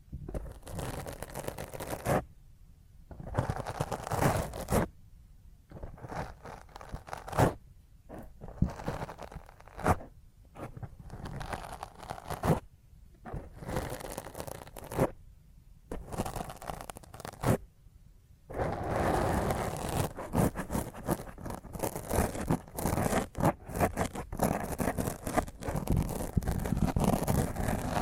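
Fingernails scratch roughly across a microphone in choppy bursts, each a dense rasping scrape with sharp crackling clicks, separated by short silences during the first eighteen seconds. After that the scratching turns continuous and louder, a steady grinding rasp with frequent sharp ticks until the end.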